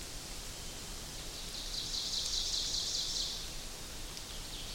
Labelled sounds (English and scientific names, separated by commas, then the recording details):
Ovenbird (Seiurus aurocapilla) song
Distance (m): 55 m
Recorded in boreal forest in Alberta, Canada, on 2 June 2016 at 06:08
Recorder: SongMeter 3, array SBT-3-7
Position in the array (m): 193 m, 3 m
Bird 6